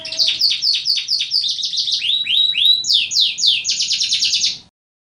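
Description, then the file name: Canary song of quick high trills and sweeping descending whistles, phrases changing every second or so before stopping abruptly near the end. "kenari leo milik eka jrc bf omkicau"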